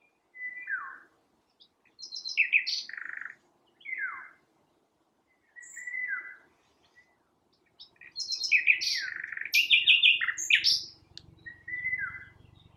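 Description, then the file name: Common nightingale singing short phrases of downslurred whistles, then a long loud stretch of rich, varied notes near the end. "Luscinia megarhynchos"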